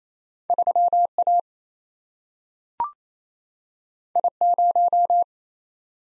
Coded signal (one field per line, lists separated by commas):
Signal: Morse code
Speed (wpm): 28 wpm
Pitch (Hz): 700 Hz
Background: none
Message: 3A I0